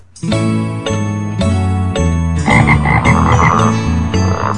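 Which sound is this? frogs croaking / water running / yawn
frogs croaking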